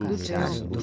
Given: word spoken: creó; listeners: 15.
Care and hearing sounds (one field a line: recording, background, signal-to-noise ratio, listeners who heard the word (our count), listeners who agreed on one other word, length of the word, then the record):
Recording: one Spanish word in noise, from a listening test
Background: four-talker babble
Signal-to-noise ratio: -1.3 dB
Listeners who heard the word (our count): 0 of 15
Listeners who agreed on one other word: 9 of 15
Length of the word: 0.43 s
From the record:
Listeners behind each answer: 9, 4, 1, 1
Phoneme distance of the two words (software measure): 51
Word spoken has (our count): 2 syllables, 4 phonemes, stress on syllable 2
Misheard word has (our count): 2 syllables, 5 phonemes, stress on syllable 1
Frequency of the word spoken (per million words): 22.35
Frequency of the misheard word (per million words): 1.95